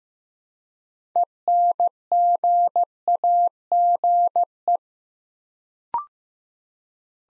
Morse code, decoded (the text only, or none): ENGAGE